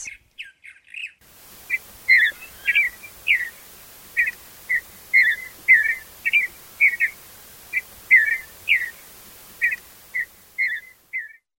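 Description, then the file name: Purple Martin calling with a steady stream of chirps and squeaky notes, nearly two a second. "2009-04-28 Purple Martins"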